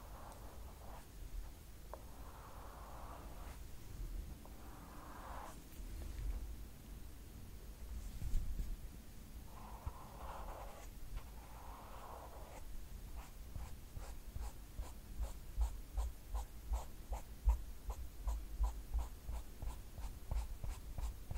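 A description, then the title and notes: Brushing and scratching over a steady low rumble. In the first half, soft swishing strokes come every few seconds; after about twelve seconds they give way to quick, regular scratches, several per second, that continue to the end. ASMR scratching, braiding, brushing.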